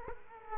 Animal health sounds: mosquito wingbeat signal from an infrared sensor; Culex quinquefasciatus

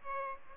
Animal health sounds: mosquito wingbeat signal from an infrared sensor; Aedes aegypti

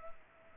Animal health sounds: mosquito wingbeat signal from an infrared sensor; Culex pipiens

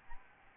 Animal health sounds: mosquito wingbeat signal from an infrared sensor; Aedes albopictus

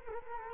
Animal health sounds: mosquito wingbeat signal from an infrared sensor; Culex quinquefasciatus

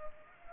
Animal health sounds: mosquito wingbeat signal from an infrared sensor; Culex pipiens

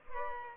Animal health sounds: mosquito wingbeat signal from an infrared sensor; Culex pipiens

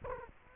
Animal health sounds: mosquito wingbeat signal from an infrared sensor; Culex quinquefasciatus

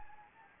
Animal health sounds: mosquito wingbeat signal from an infrared sensor; Anopheles gambiae

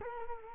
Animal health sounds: mosquito wingbeat signal from an infrared sensor; Culex quinquefasciatus

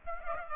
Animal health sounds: mosquito wingbeat signal from an infrared sensor; Aedes aegypti

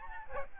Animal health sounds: mosquito wingbeat signal from an infrared sensor; Aedes albopictus

